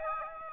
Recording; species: mosquito wingbeat signal from an infrared sensor; Aedes aegypti